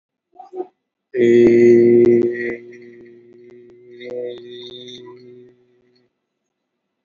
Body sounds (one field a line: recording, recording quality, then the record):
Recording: sustained vowel as in made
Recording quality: excellent, no background noise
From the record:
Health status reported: COVID-19 positive, mild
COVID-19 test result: positive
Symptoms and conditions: breathing difficulty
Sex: male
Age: 39 years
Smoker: not ticked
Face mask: not worn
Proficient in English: yes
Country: India